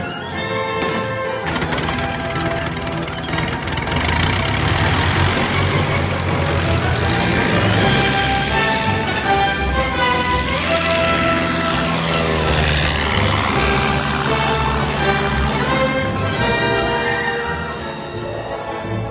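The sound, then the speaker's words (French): A propeller airplane engine drones loudly and steadily for the whole stretch as someone escapes in the plane, a dense, buzzing roar with shifting tones and no voices. “Il s'est enfui? Mais comment? En avion.”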